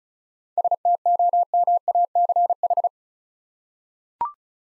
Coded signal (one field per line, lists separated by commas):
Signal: Morse code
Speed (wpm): 36 wpm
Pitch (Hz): 700 Hz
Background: none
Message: STOMACH